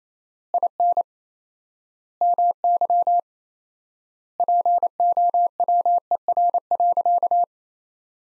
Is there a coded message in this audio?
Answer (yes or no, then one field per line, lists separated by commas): yes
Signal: Morse code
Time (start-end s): 0.5-7.4 s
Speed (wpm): 28 wpm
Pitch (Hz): 700 Hz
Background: none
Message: IN MY POWER.